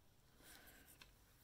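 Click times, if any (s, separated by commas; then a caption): 1.0 s. A plastic brush head is pushed onto the handle of a multi-purpose glass cleaning brush. Over soft rustling and handling noise, a short, sharp snap is heard at 1.0 s as the head seats on the handle.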